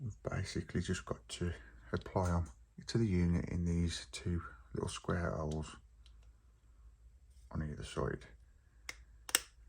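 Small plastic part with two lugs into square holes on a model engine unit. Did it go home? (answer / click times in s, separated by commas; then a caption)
yes / 8.9 s, 9.3 s, 9.4 s. A small plastic part with two little lugs is pushed into two square holes on either side of the power unit of a 1:18 scale Star Wars X-wing model from DeAgostini issue 46. Someone talks first, then sharp clicks are heard at 8.9 s, 9.3 s and 9.4 s as the lugs click into the holes and the part is seated.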